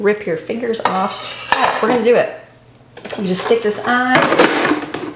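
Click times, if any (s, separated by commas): 4.9 s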